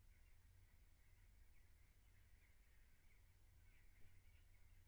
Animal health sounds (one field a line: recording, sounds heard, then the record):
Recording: poultry house recording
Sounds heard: no chicken sound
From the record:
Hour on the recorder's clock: 15